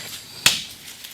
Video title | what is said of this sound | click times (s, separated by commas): Why You Should Get A Canopy? -- Dr Decks | and you can hear it click | 0.5 s